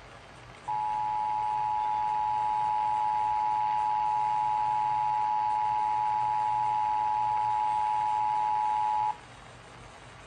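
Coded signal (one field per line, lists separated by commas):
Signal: Emergency Alert System (SAME) tones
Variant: 853 and 960 Hz attention tone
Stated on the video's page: IPAWS Required Weekly Test received on an FM broadcast station with good reception.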